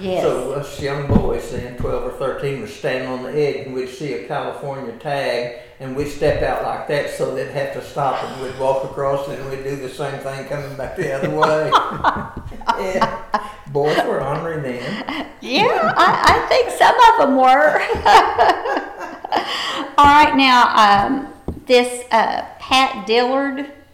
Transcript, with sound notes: So, us young boys then twelve or thirteen was standing on the edge and we'd see a California tag and we'd step out like that so they'd have to stop and we would walk across it and we'd do the same thing coming back the other way. Boys were ornery then. (Laughter)
(Chuckling) Yeah! I think some of them were. Alright now, this Pat Dillard?